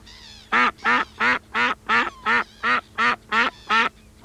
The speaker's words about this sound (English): Number three was a duck.